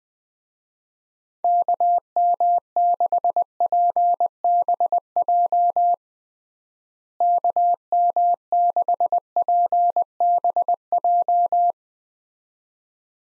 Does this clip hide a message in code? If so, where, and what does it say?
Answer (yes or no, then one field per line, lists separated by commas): yes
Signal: Morse code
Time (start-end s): 1.4-11.7 s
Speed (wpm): 20 wpm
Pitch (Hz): 700 Hz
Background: none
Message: KM6PBJ KM6PBJ